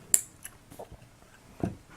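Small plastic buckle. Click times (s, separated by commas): 0.1 s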